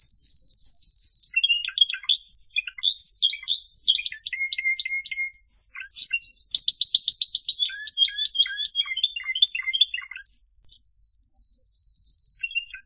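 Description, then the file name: Canary singing high, fast, varied phrases of twittering notes, trills and short whistles, almost without pause. "Canary Voice"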